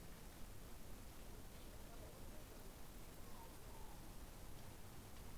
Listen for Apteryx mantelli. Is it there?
no